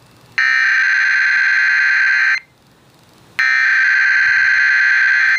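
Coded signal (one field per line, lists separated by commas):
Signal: Emergency Alert System (SAME) tones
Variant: header bursts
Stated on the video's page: AMBER Alert child abduction emergency broadcast on an FM station.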